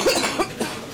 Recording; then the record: coughing mixed with background sound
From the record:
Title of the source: 61 morning phlegmy cough...again